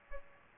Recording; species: mosquito wingbeat signal from an infrared sensor; Aedes albopictus